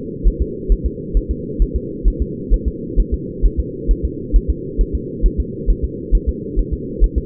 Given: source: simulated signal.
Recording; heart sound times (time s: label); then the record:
fetal heart sounds
0.28 s: S1
0.42 s: S2
0.72 s: S1
0.86 s: S2
1.17 s: S1
1.31 s: S2
1.62 s: S1
1.76 s: S2
2.08 s: S1
2.22 s: S2
2.54 s: S1
2.68 s: S2
3.00 s: S1
3.14 s: S2
3.46 s: S1
3.60 s: S2
3.91 s: S1
4.05 s: S2
4.36 s: S1
4.50 s: S2
4.81 s: S1
4.95 s: S2
5.26 s: S1
5.40 s: S2
5.70 s: S1
5.84 s: S2
6.15 s: S1
6.29 s: S2
6.59 s: S1
6.73 s: S2
7.04 s: S1
7.18 s: S2
From the record:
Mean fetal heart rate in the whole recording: 135 bpm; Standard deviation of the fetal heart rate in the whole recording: 3 bpm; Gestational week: 36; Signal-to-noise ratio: -4.1 dB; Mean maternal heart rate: no maternal heart sound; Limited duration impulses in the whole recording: absent